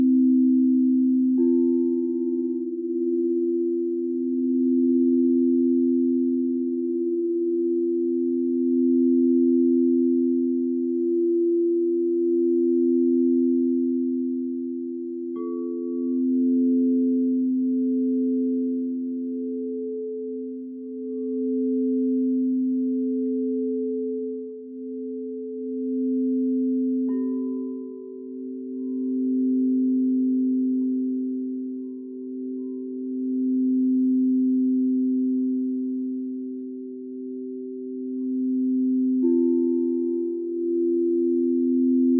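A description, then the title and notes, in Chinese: Singing bowls hum in a low, steady drone that swells and fades in slow, regular waves. Brief higher tones ring in at about 1, 15, 27 and 39 seconds, and after the second one a brighter layer joins the hum, its pitch shifting slightly at 27 seconds. 让脑瓜子嗡嗡的颂钵音疗。颂钵（Singing Bowl）源自喜马拉雅山区，最初是由当地的七种金属及天然矿石手工凿击而成的乐器。通过敲击或摩擦的方式传递声音振动。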